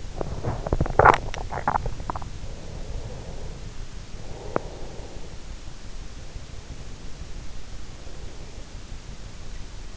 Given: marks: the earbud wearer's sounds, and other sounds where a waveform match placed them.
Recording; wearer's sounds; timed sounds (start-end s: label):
sounds in sleep by an in-ear microphone; swallowing, breath, teeth grinding
0.00-2.44 s: swallowing
2.29-5.36 s: breath
4.49-4.92 s: teeth grinding
5.92-9.11 s: breath